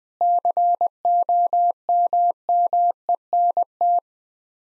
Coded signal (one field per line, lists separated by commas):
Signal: Morse code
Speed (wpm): 20 wpm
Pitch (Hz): 700 Hz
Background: none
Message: COMMENT